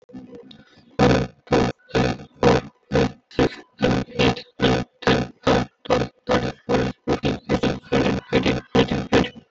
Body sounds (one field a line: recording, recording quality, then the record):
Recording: counting at a fast pace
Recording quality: poor, much background noise or distortion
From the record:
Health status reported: respiratory illness, not identified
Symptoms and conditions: asthma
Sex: male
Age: 36 years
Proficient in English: yes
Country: India